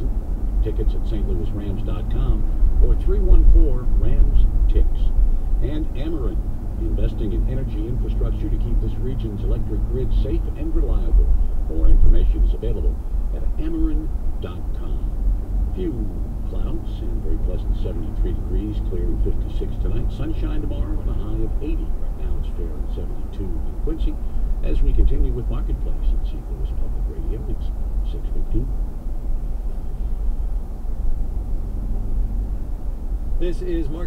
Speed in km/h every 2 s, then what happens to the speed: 63, 64, 63, 63, 64, 61, 60, 61, 61, 68, 68, 68, 64, 61, 58, 56, 58.
0-13 steady at about 63. 13-18 speeds up to 68. 22-29 slows to 56.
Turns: none.